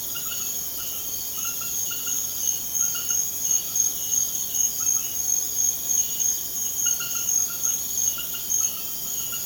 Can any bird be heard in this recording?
no